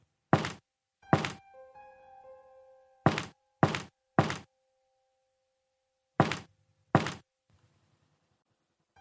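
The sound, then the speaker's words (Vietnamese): Heavy, dull knocks on a door at midnight in separate bursts: two, then a steady run of three, then two more, with silent gaps between. A faint ringing tone lingers after the first pair. “Tôi nghe rõ ràng là 3 tiếng gõ cửa.”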